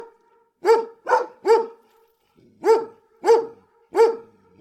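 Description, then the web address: Big dogs barking loudly in two bursts, first three rapid deep barks, then after a pause four more evenly spaced barks. Big dogs barking, recorded close. "GDC 2019-Game Audio Bundle Bart Kamski - Dogs Dogs big close barking"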